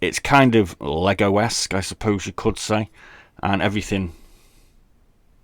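Someone talks while handling two plastic parts of a Bandai Namco 1/72 X-Wing Starfighter snap-fit model kit (5064103), about to press one part into its mating part. After the talking stops, only faint low-level noise remains. Nothing has seated or clicked yet.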